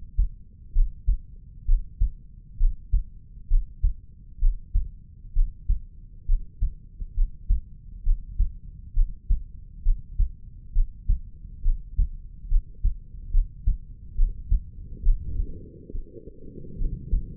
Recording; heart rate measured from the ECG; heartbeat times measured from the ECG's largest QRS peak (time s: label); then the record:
heart sounds by stethoscope; 67 bpm
0.73 s: heartbeat
1.65 s: heartbeat
2.57 s: heartbeat
3.48 s: heartbeat
4.39 s: heartbeat
5.33 s: heartbeat
6.26 s: heartbeat
7.14 s: heartbeat
8.03 s: heartbeat
8.94 s: heartbeat
9.83 s: heartbeat
10.73 s: heartbeat
11.62 s: heartbeat
12.48 s: heartbeat
13.31 s: heartbeat
14.15 s: heartbeat
15.03 s: heartbeat
15.92 s: heartbeat
16.78 s: heartbeat
From the record:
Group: healthy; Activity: breath hold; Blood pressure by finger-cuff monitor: 116/78 mmHg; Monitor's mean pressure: 91 mmHg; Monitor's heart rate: 67 bpm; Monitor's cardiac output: 5.2 L/min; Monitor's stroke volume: 78 mL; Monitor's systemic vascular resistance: 1280 dyn s/cm5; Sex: female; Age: 22 years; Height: 160 cm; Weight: 45 kg